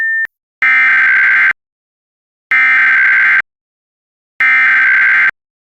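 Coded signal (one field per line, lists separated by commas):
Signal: Emergency Alert System (SAME) tones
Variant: header bursts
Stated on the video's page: Amber alert relayed on the ERN/KNA network, missing the siren and end-of-message tones.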